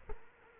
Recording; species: mosquito wingbeat signal from an infrared sensor; Culex quinquefasciatus